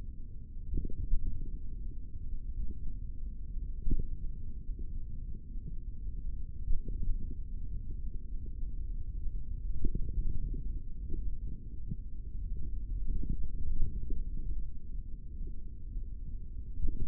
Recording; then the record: forearm muscle sounds (acoustic myography)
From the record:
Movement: finger pinch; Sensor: system 3, bracelet of six PUI Audio POM-2738L microphones around the upper forearm, with dedicated amplification and filtering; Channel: 6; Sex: male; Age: 23 years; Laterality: right